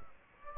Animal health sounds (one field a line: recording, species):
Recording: mosquito wingbeat signal from an infrared sensor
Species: Aedes aegypti